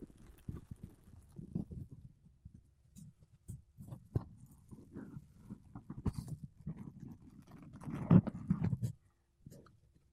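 Makeup brushes and a sponge rub and brush over a microphone in a dense run of soft, low, muffled scratches and thumps. The strokes come irregularly, with scattered brighter swishes, and grow heavier and louder around eight to nine seconds before quieting.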